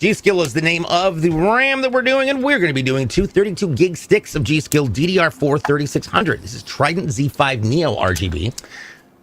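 A man talks throughout while two 32 GB G.Skill DDR4 3600 Trident Z5 Neo RGB RAM sticks are handled for a motherboard memory slot, with no distinct sudden sounds. Nothing has seated or clicked into the slot yet.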